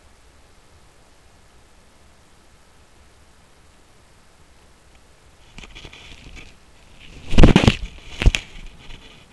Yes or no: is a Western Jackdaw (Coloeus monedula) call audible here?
no